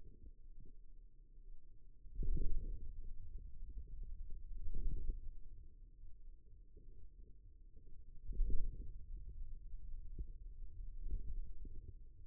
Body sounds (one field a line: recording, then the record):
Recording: forearm muscle sounds (acoustic myography)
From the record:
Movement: hand closing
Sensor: system 2, bracelet of six BSWA MPA416 microphones around the upper forearm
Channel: 3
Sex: male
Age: 22 years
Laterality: right